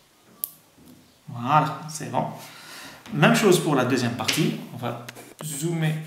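A watch band is slid into the slot on an Apple Watch 4 case and locks in with a sharp, brief click at 0.4 s; without that click, the band is not held in place. Someone then talks for the rest of the clip. The band is seated.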